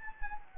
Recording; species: mosquito wingbeat signal from an infrared sensor; Anopheles gambiae